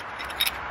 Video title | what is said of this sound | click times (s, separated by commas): What's In My (New) Camera Bag! (Andoer DSLR Camera Bag) | clicks in place i can get in and | 0.4 s